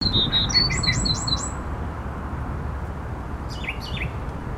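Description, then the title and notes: Northern mockingbird singing: a few high notes, then a rapid series of repeated looping whistled phrases, later a few downslurred chirps, over steady low rumble. Recorded in the Dallas-Fort Worth area. "DFW-mockingbird by Christie Mullen"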